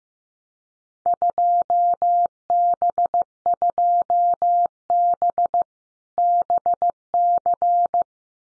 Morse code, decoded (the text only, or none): 2B2B BC